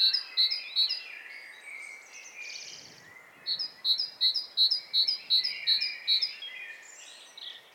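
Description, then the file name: Great tit giving a few sharp paired notes, a pause, then a steady run of several more, with soft chatter of other birds. "Parus major"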